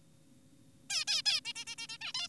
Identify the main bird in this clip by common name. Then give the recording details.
Zebra Finch. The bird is an adult. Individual g4p5U